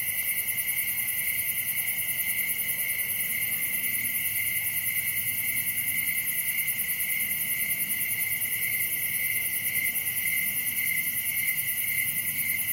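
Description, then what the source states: Cricket chorus of fast, high, pulsing chirps from several insects, constant throughout with faint low hum underneath. Recorded at night in summer in a wooded area, Dell Creek State Wildlife Area; crickets are the main sound.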